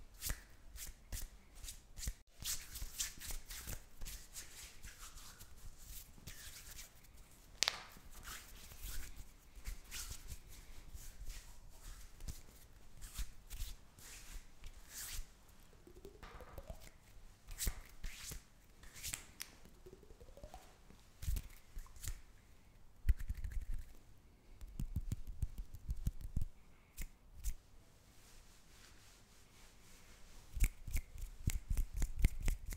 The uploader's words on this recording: ASMR Just Hand Sounds.